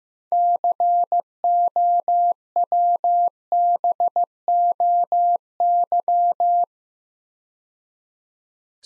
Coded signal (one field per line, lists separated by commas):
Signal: Morse code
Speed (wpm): 15 wpm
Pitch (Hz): 700 Hz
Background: none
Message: COWBOY